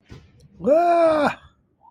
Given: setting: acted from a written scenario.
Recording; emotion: vocal sound without words; positive surprise